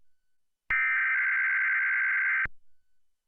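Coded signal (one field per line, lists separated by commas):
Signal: Emergency Alert System (SAME) tones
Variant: header bursts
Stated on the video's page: Tsunami Warning EAS activation for San Francisco, California, issued after an earthquake in Japan.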